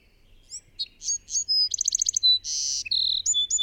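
Bird song of high upslurred chirps, a quick pulsed trill, a raspy buzz and short steady whistles, varied and energetic.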